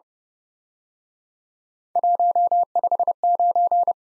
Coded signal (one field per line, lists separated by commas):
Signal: Morse code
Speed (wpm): 30 wpm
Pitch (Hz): 700 Hz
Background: none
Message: 159